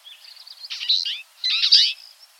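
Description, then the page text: Twites giving twanging, high chirps: soft twittering that swells into two dense, loud bursts of overlapping notes. A flock. "Чечетка горная (Acanthis flavirostris ) Стайка"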